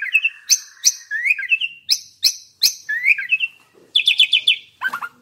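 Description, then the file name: Asian pied starling song: loud whistled slurs alternating with sharp high chirps, with a quick trill near the end. Singing persistently. "suara burung jalak suren gacor"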